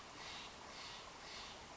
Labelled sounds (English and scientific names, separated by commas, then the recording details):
Steller's Jay (Cyanocitta stelleri)
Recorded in Sonoma County, California